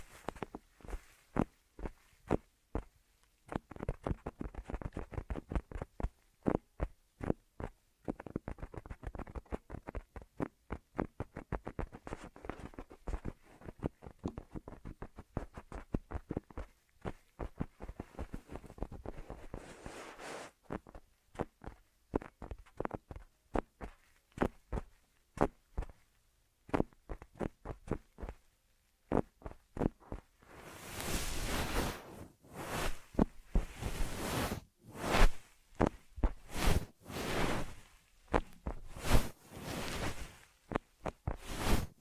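Ear massage triggers: dense, irregular rubbing and tapping crackles for thirty seconds, then louder, brighter brushing swells in slower pulses.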